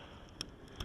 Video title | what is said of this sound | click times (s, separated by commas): 2011 Ram 2500 S&B, EDGE CTS2 | You'll feel it click in, | 0.4 s